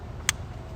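On an Audi 3.0T S4 B8, the release pin on an ignition coil pack connector lock is pushed in and the lock pulled down, one connector at a time, over a steady low background rumble. A single sharp, bright click sounds at 0.3 s as the connector clip snaps open and releases.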